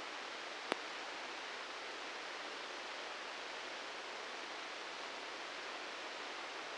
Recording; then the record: brain microelectrode recording played as sound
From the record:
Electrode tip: outside the subthalamic nucleus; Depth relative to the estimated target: -3 mm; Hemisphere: right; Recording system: NeuroSet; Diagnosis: Parkinson's disease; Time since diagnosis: 19 years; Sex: female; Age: 69 years